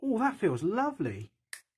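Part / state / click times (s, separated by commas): knife blade into the slipjoint backspring half-stop detent / seated / 1.5 s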